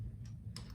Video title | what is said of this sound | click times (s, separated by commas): Review: MetalBuild EVA-01 Test Type | It's on a ball joint, but should just be able to pop off. | 0.6 s